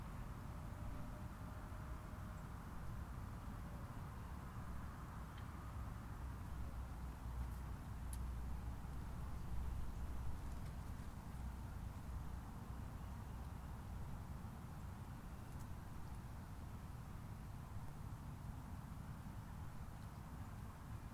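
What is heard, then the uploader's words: Golf course ambience at Palm Harbor, FL, dominated by a steady low rumble like passing traffic that holds level throughout. A faint tone hums early on, and a few brief ticks and clicks sound around the eight- and ten-second marks. Golf Course, Palm Harbor FL.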